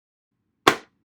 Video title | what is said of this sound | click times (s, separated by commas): VSE Magnum Set Up Guide | The click indicates that the battery is completely inserted. | 0.7 s